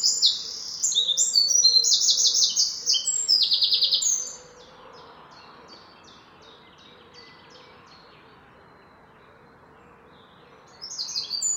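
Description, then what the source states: Birds singing: rapid, high twittering bursts for about four seconds, then a quieter run of evenly spaced high notes before the chirping returns at the end. Morning.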